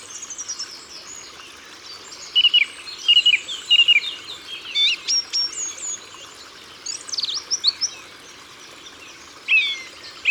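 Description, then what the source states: Song thrush song: a whistled phrase repeated three times, followed by varied scratchy and sharp notes. Ardèche, France.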